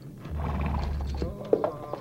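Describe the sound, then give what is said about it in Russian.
A horse being groomed on a street shifts about, a low rumbling snort giving way to a few sharp, irregular hoof clops on hard ground, moderately loud with no talking. “Кто-то чистит лошадь, кто-то отдыхает, привалившись к плетню.”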